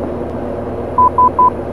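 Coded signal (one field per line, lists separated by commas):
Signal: none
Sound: flight sim cockpit beep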